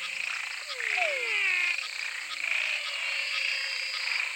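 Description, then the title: Frog chorus with one pair of descending whistled swoops followed by layered high trills and pulses. Frog chorus recorded in Mato Grosso. "Choeur de grenouilles (Mato Grosso)"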